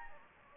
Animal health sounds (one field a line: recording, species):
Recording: mosquito wingbeat signal from an infrared sensor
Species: Anopheles gambiae